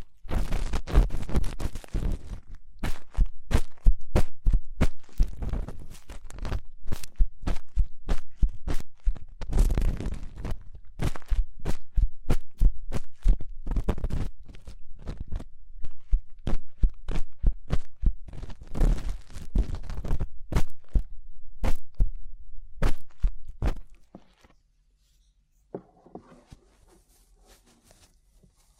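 Ear cleaning comes as a fast, dense run of sharp crackles and scratchy taps, with sudden bursts and brief pauses repeating throughout. Around 24 seconds the scratching stops, leaving near silence with a few faint clicks and a soft, low murmur.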